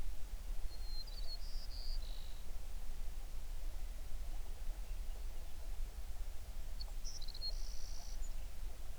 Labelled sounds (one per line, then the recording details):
songbird
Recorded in the Prudhoe Bay oil fields, Alaska, on 11 June 2019 at 05:29
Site 21